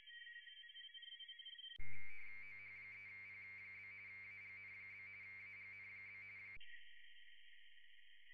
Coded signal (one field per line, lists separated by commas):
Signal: RTTY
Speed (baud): 45.45 baud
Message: OH3P? AGN? AGN?